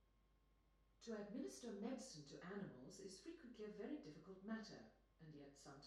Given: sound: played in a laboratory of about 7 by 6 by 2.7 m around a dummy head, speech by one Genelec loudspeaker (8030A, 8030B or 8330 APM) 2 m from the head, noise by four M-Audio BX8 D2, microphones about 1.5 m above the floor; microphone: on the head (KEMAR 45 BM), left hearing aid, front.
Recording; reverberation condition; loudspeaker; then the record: female speech in English; medium; 120 degrees to the right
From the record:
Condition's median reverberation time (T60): about 510 ms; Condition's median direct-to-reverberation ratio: about -0.5 dB